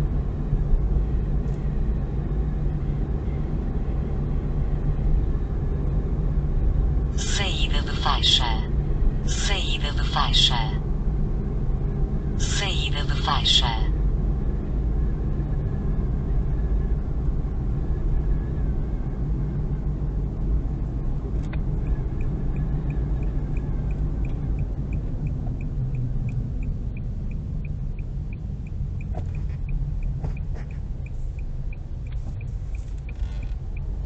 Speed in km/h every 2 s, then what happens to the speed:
52, 52, 53, 51, 51, 50, 50, 49, 48, 45, 45, 42, 29, 21, 18, 14, 12.
0-21 steady at about 50. 21-34 slows to 12.